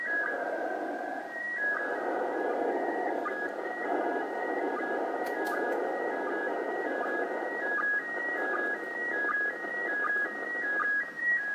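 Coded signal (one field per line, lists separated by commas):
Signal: SSTV (slow-scan television)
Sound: warbling tone shifting between two pitches, with short low chirps repeating regularly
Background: radio static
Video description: showing the computer decoding the sstv pics from the iss in vk3 using my ic 7100 and a 9 element lfa antenna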